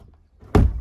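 A small catch on the lifting roof of a 1983 Rapido 410 Randonneur campervan is pulled open so the roof can be raised. After faint low rumble and a soft tap, a sharp, heavy thunk sounds at 0.6 s and rings down over the following few tenths of a second. The catch is released.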